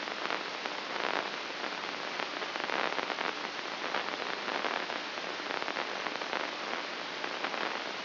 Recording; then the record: brain microelectrode recording played as sound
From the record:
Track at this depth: outside the subthalamic nucleus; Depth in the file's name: 7.029 mm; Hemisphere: left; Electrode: 2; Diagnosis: Parkinson's disease